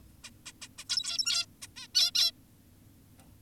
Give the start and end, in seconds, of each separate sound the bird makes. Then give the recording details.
0.24-0.30, 0.46-0.52, 0.62-0.68, 0.78-0.84, 0.90-1.46, 1.62-1.67, 1.77-1.88, 1.95-2.11, 2.15-2.32. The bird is an adult. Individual g17y2U